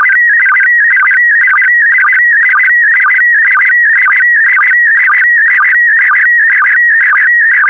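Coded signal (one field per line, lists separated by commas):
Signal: SSTV (slow-scan television)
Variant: PD120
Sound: warbling, stepping electronic tone with a regular low blip about twice per second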